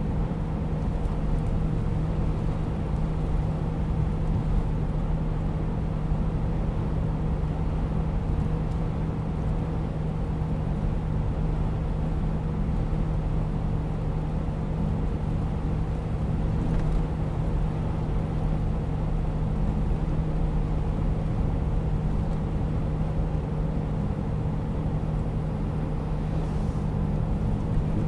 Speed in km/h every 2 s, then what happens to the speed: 91, 90, 90, 89, 89, 89, 88, 88, 88, 88, 88, 88, 88, 87.
0-28 steady at about 88.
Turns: none.